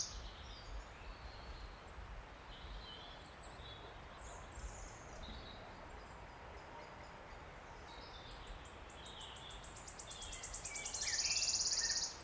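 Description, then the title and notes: Wood warbler song: mixed chirps of other birds, then high ticking notes quicken into a loud, shimmering trill near the end. Male singing from oak canopy in an ancient oak wood on a steep-sided wooded valley in South Wales, May, after rain stopped, spring. "Sound Escape 16: listen to the cascade of wood warbler song in an ancient oak wood. a path rising up a steep-sided wooded valley in South Wales. The endless May rain has stopped and a male wood warbler is singing his extraordinary song from the emerald canopy of tangled oak trees"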